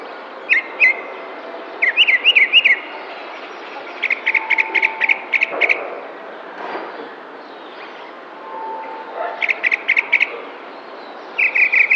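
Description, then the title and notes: Tropical mockingbird delivering varied song phrases, including rapid trills and repeated chirped notes, with brief pauses between them. Sings in spring in a neighbourhood park in San Cristóbal de Las Casas, Chiapas, May 2021. "Cenzontle tropical que canta en primavera mientras alguien que hace ejercicio pasa a lo lejos en el parque de una colonia en San Cristóbal de Las Casas, Chiapas. Mayo 2021"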